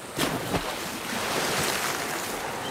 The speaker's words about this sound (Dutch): En daar ligt dan de zee, azuurblauw, en ik ruik de zilte strandlucht. Het kleine strand lijkt uitgestorven.